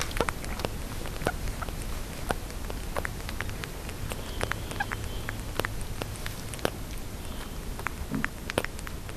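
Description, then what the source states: Flying fox pup suckling: soft irregular wet clicks and smacks throughout, against a constant hiss. Captive pup in care, drinking baby bat formula from a bottle while wrapped to mimic the mother's wings; content.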